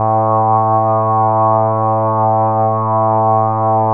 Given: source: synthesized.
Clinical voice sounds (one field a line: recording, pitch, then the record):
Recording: sustained vowel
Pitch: 110 Hz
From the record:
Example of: Parkinson's disease, moderate to severe (G5)